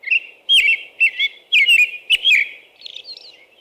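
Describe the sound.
American robin singing a quick sequence of warbled whistles, some with high squeaky overtones, fading to softer notes at the end; faint hum below.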